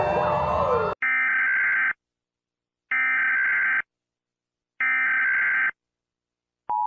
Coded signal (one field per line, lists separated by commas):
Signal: Emergency Alert System (SAME) tones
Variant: header bursts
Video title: Mr Increible perturbado - EAS ALARMS